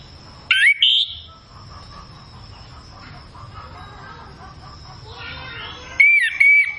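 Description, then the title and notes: Chestnut-capped thrush song: two short bursts of sharp whistled, slurred notes under half a second apart, then a long quiet gap with a steady high hum, then two more bursts. Song filled with varied phrases (isian), used as a lure to prompt a kept thrush to sing loudly and freely (ngeplong). "Masteran Anis Kembang Full Isian Untuk Suara Pancingan Anis Kembang Agar Cepat Ngeplong. Suara Burung Anis Kembang"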